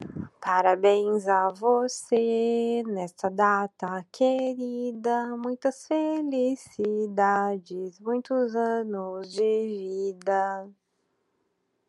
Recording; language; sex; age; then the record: short text; Brazilian Portuguese; female; 30 to 39 years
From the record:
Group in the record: control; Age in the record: 38 years